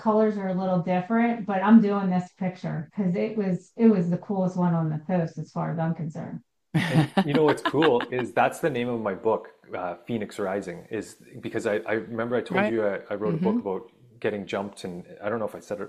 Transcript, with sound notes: These colors are a little different, but I'm doing this picture 'cause it was, it was the coolest one on the post as far as I'm concerned.
(laughs)
And you know what's cool? Is that's the name of my book, uh, Phoenix Rising, is... because I, I remember I told you-
Right. Hmm.
... I wrote a book about getting jumped in... I don't know if I said it...